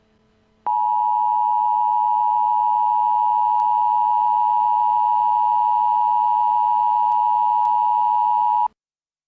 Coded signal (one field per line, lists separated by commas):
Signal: Emergency Alert System (SAME) tones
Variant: 853 and 960 Hz attention tone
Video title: Bot Bogus (+ MistfulSkye, Deejay Greg, Dark Deception Gamer) (EAS Scenario)